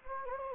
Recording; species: mosquito wingbeat signal from an infrared sensor; Anopheles gambiae